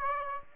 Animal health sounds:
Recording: mosquito wingbeat signal from an infrared sensor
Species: Aedes aegypti

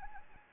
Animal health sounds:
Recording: mosquito wingbeat signal from an infrared sensor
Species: Anopheles arabiensis

